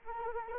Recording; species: mosquito wingbeat signal from an infrared sensor; Anopheles arabiensis